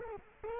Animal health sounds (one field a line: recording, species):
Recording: mosquito wingbeat signal from an infrared sensor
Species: Culex quinquefasciatus